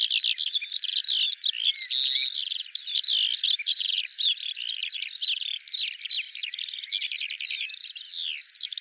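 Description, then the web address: Bird song, a steady rush of high chirps, buzzy notes and slurred whistles, varied and continuous without pause. Dated 2025; audio cleaned and normalized. "cianscape birddata Deverinetal 2025 File cleaned normalized Bird"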